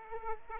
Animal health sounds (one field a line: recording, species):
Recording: mosquito wingbeat signal from an infrared sensor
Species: Aedes aegypti